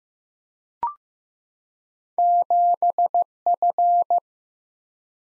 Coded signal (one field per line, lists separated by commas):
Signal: Morse code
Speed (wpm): 15 wpm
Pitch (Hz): 700 Hz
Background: none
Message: 7F